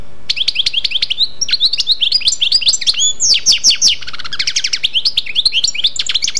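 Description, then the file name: European goldfinch song, a fast, continuous stream of tinkling, twittering notes and liquid trills. "jilguero"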